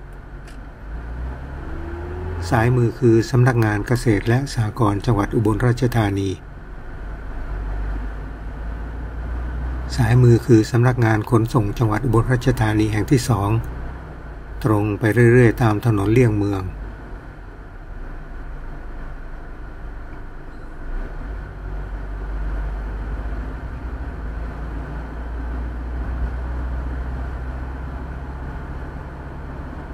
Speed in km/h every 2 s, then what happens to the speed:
18, 22, 25, 29, 34, 38, 40, 41, 41, 41, 41, 44, 47, 50, 55.
0-9 speeds up to 38. 9-20 steady at about 41. 20-30 speeds up to 55.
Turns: none.